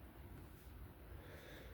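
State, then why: Not seated. A handle scale is placed on top of the frame of an AM8 Kovog M390 pocket knife, which has titanium and carbon fiber scales and a clip. The scale is lined up into position with faint, steady handling noise and a low rumble, and no distinct click is heard. A gap is still visible, so the scale has not seated or clicked yet.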